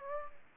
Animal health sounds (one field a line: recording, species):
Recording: mosquito wingbeat signal from an infrared sensor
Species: Aedes aegypti